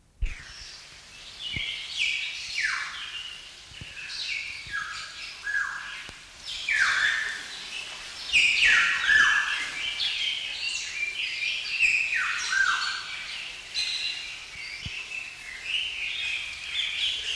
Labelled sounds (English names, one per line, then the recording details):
Black-naped Oriole
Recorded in captivity
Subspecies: celebensis
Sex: male
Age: adult
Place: Zoo Berlin, Berlin, DE
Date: 1993-10-16
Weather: heiter,3-8°C
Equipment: Marantz CP 430, Sennheiser MKH 416 T, Kopie Uher Variocord 263
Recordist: Tembrock, Günter